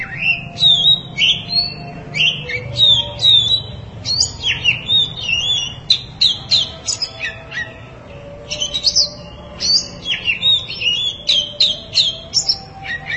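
Oriental magpie-robin singing a long varied series of sharp whistles, sweeps and chips in rapid bursts, with a brief quieter gap, over low hum.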